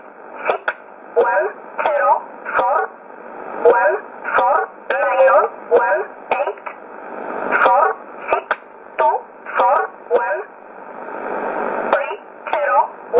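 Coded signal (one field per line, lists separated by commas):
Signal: numbers station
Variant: E11 Oblique, English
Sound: a voice reads about 14 short evenly spaced words, numbers, over radio static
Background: radio static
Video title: 14 04 2020 E11 Oblique Numbers station in English 0853 on 12202 unknown tx site in USB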